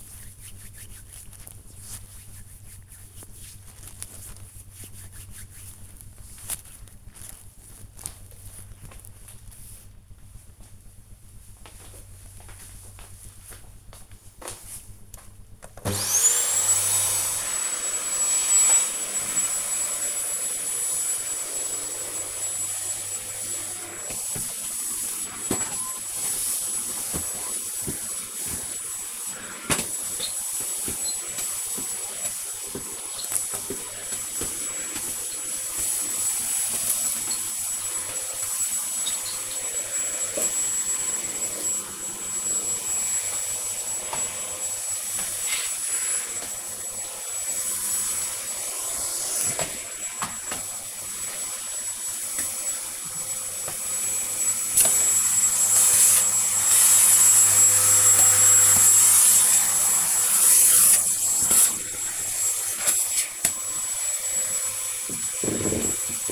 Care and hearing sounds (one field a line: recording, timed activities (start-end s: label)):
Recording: household activities, microphone on the right wrist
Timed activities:
0.00-7.92 s: cream hands
14.96-66.32 s: vacuum cleaning